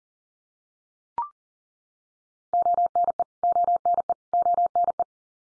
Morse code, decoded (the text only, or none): ONE ONE ONE